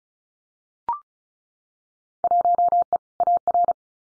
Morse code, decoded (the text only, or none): 1E AR